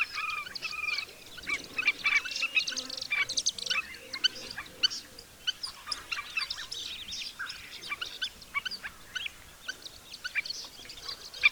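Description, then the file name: African skimmer calls, many shrill yelping notes overlapping continuously, like several birds calling together throughout. "afrikai olloscsorumadar hangja"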